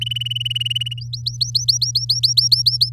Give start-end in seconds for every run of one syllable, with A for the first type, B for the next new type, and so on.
0.01-1.00 A, 1.01-2.90 B